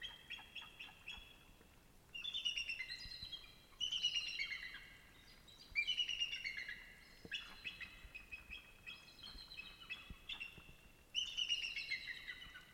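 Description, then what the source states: Eagle calling in several bursts of high, thin, chittering notes that slur downward, with short quiet gaps between them. Several eagles calling above a river in riparian forest in frozen conditions; seen only as a reflection in the river; eroded muddy bank nearby.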